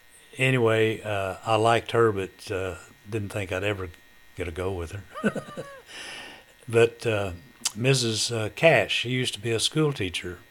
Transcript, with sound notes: anyway, I liked her but didn't think I'd ever get a go with (chuckling) But Mrs. Cash, she used to be a school teacher.